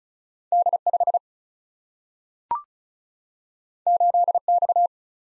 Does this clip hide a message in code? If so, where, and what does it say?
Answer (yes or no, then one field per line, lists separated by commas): yes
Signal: Morse code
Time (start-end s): 0.5-4.9 s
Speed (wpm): 36 wpm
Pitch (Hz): 700 Hz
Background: none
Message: D5 8X